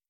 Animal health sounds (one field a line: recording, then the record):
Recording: hydrophone in a shrimp aquaculture tank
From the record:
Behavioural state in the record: feeding